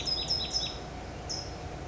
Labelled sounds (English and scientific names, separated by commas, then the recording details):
California Towhee (Melozone crissalis)
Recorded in Sonoma County, California